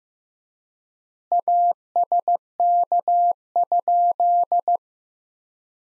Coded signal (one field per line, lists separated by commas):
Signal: Morse code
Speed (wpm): 15 wpm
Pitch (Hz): 700 Hz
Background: none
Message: ASK?